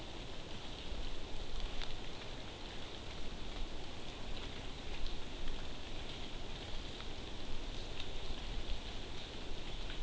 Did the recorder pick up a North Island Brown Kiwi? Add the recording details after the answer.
no. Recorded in New Zealand on 12 June 2014. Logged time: 02:19